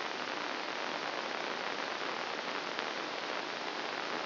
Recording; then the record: brain microelectrode recording played as sound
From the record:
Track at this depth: inside the subthalamic nucleus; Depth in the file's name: 0.409 mm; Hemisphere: right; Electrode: 2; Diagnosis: Parkinson's disease